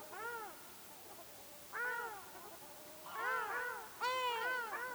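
Ruddy shelduck giving a few loud nasal honks, single at first, then a rapid double and triple series near the end.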